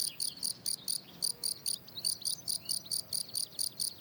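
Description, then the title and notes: Field cricket song: shrill, high-pitched chirps repeated steadily in quick succession, each a short pulsed burst, with a quiet background. Lone, fairly isolated individual singing in good rhythm, 27 June 2018, 10:00, already 23 °C on a very hot day, plateau de Lesches en Diois, France; Nagra Seven and MKH8040. "Observation sonore - Un grillon champêtre. 27 juin 2018, plateau de Lesches en Diois. chants des grillons champêtres (Gryllus campestris)"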